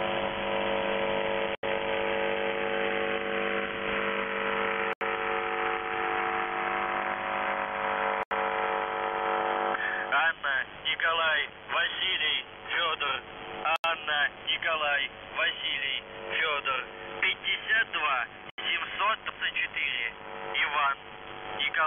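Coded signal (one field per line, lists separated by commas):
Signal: numbers station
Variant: UVB-76 (The Buzzer)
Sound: harsh low buzzing drone with brief dropouts, then a voice speaking over radio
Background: radio static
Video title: The Buzzer/UVB-76(4625Khz) May 7th 2020 15:49UTC Voice message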